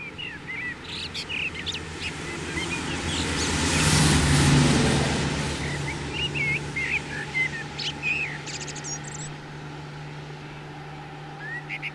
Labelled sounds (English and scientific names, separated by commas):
Common Blackbird (Turdus merula) song